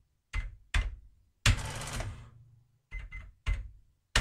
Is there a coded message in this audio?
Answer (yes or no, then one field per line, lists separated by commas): no